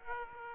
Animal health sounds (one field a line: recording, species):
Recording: mosquito wingbeat signal from an infrared sensor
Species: Aedes aegypti